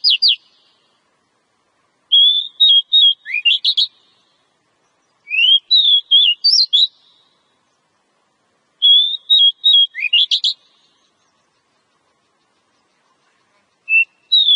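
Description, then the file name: Oriental magpie-robin song: repeated phrases of clear level whistles ending in steep upward sweeps, several bursts a few seconds apart. Lure recording ('pikat') of Oriental magpie-robin song, locally called kacer. "suara kacer pikat"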